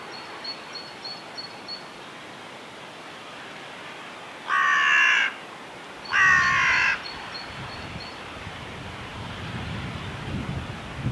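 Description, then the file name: Carrion crow calling two loud, rasping caws in quick succession, with faint high chirping before and after and a low rumble of background noise. "Corvus corone"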